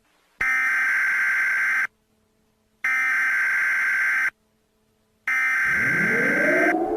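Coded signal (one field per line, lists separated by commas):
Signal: Emergency Alert System (SAME) tones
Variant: header bursts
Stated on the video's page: Fictional EAS scenario remake.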